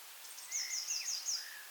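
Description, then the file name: Eurasian blue tit call: a single short string of five sharp, high-pitched notes, with several faint lower notes beneath it. "Cyanistes caeruleus"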